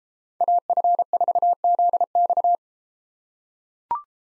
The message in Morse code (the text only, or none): AF4ZX